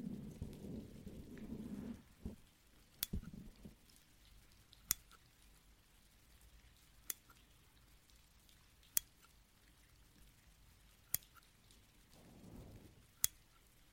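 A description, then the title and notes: Rain falls with a faint steady hiss, broken by sharp clicking drops at regular intervals of about two seconds. A low rumbling swell fills the first two seconds and briefly returns near twelve seconds, then fades into quiet patter. ASMR Energy rain (+ pluie).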